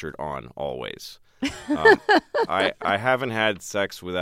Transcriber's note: soundbite of laughter